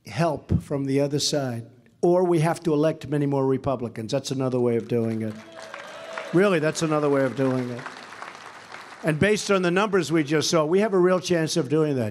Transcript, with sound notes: help from the other side, or we have to elect many more Republicans. That’s another way of doing it. (Applause.) Really, that’s another way of doing it. And based on the numbers we just saw, we have a real chance of doing that.